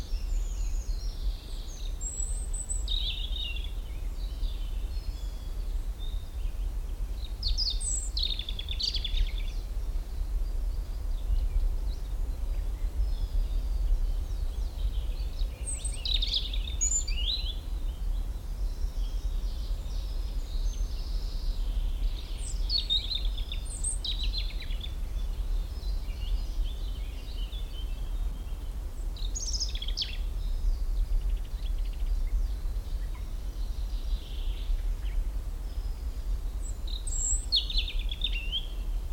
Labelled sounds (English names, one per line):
European Robin